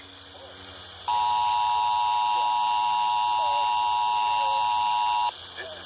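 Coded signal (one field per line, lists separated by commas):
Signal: Emergency Alert System (SAME) tones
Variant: 853 and 960 Hz attention tone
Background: speech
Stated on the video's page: Required Monthly Tests from Kitsap County DEM relayed by FM and AM broadcast stations, the 155.475 MHz Washington State EAS Relay Network, and NOAA Weather Radio on 162.550/162.425 MHz.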